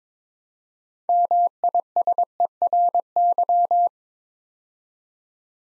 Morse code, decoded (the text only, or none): MISERY